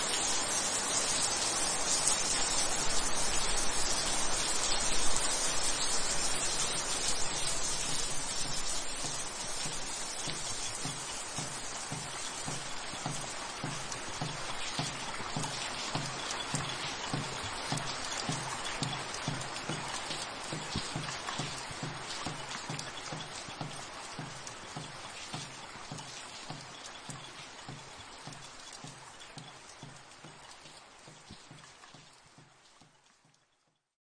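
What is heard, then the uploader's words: Raindrops patter densely on green bricks, a bright steady hiss with rapid regular ticks, gradually thinning and fading out near the end. Raindrops on green bricks.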